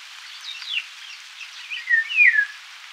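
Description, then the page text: Eurasian golden oriole singing: a short fluted phrase of downward-sliding whistles that ends louder, with faint hiss behind. "Eurasian Golden Oriole Song - Quick Sounds"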